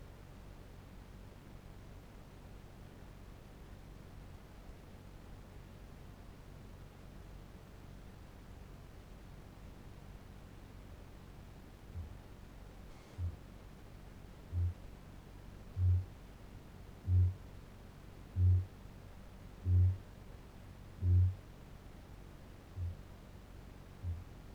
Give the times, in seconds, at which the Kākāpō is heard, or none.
11.59-13.54, 14.34-14.79, 15.54-21.59, 22.54-24.46